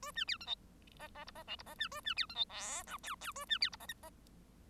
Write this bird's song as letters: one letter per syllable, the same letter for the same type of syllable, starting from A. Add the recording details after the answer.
A B C D E F F G F H G F B A B C D E I J K K A B C G F L F. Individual Bird1